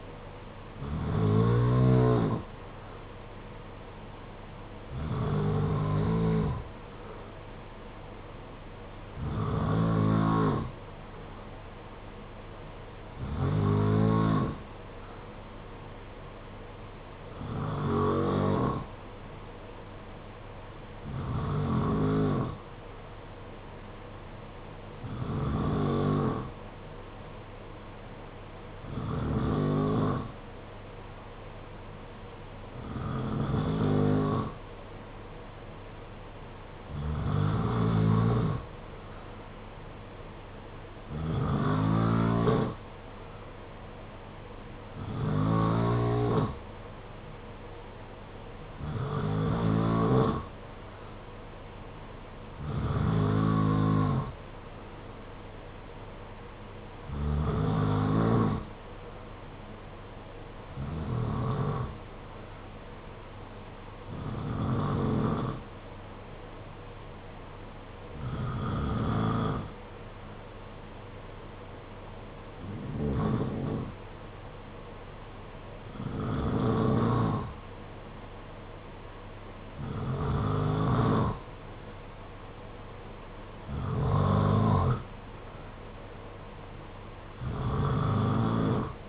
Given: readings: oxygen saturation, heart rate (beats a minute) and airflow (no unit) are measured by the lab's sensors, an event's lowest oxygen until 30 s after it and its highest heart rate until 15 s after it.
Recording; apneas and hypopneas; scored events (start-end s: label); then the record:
breathing in sleep by a voice recorder at the bedside; none
none scored
From the record:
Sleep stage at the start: N2 (light sleep); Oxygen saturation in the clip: 89 to 92%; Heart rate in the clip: 49 to 56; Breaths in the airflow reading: 23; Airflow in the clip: -6.4 to 5.6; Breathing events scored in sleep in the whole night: 476 in 9.7 hours asleep